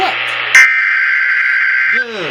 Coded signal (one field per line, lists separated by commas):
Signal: Emergency Alert System (SAME) tones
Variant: header bursts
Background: speech